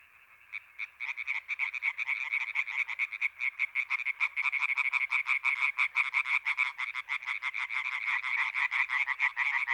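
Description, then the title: European tree frog chorus building from a quiet start into a loud, rapid series of rasping croaks from many overlapping frogs. Intense chorus activity at Etang des Marguilliers pond in Sologne, France, recorded 21 May 1993, one hour after nightfall. "Choeur de rainettes en Sologne"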